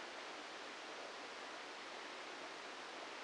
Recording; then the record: brain microelectrode recording played as sound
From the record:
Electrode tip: inside the subthalamic nucleus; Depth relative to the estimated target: 2 mm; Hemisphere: left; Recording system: NeuroSet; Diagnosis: Parkinson's disease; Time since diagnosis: 14 years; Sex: male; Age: 51 years